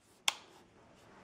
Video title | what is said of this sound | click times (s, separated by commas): MSI Laptop - How to Upgrade SSD to 2TB M.2 - Notebook Hard Drive Replacement | that snap in | 0.3 s